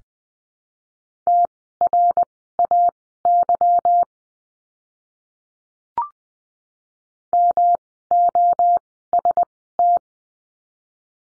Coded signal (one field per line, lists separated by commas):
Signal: Morse code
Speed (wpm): 20 wpm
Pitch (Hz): 700 Hz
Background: none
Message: TRAY MOST